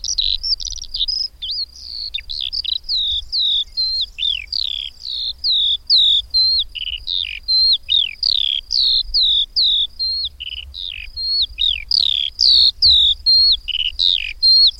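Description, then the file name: Eurasian skylark song delivered as a steady chain of sharp, high chirps and downslurred notes, several each second, varied and unbroken, with a soft low rumble. "Mezei pacsirta"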